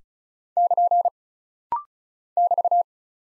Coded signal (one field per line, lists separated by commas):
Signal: Morse code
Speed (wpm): 36 wpm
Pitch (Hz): 700 Hz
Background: none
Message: <KN> <BT>